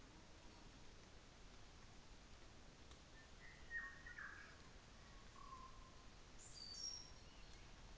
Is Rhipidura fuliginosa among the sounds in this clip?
no